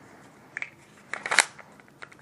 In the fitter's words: They lock and function into place just like a factory Glock 17 mag.